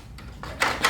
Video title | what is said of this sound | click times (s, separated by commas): AUDI S5 / S4 B9 CTS COLD AIR INTAKE STEP BY STEP DIY INSTALLATION AND REVIEW. | and this latch goes right back on it. You don't have to do anything. It just simply, you should hear it click on. | 0.4 s